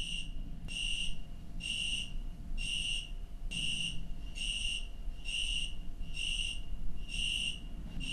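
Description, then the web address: Cricket chirps, short high bursts repeated in an even rhythm over a rumbling low background. "Hoerbeispiele Grillen"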